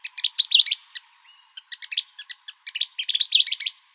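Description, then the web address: Western kingbird calls: sharp, dry kip notes between squeaky, bickering chatter bursts, with a low steady hum beneath. Arizona. "Flycatchers WEKI"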